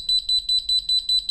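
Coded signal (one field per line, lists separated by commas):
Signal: alarm pattern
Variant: ColorAlti 3 freefall alarm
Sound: rapid train of short high-pitched beeps, roughly ten per second, continuous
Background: low background hum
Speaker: Then from 4,500 feet down to 4,000 feet, we've got high short beeps.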